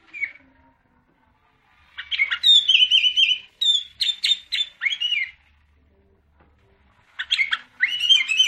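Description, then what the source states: Sooty-headed bulbul song: rapid chattering bursts of warbled whistles, a pause of about two seconds, then another lively burst. Called kutilang locally; described as gacor, singing actively and persistently.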